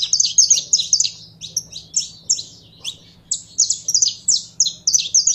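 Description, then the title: Belgian canary song, a fast run of high rolling trills and chirps in two dense bursts separated by a short break. Song of a purebred Belgian canary. "Canto Do Canário Belga Puro"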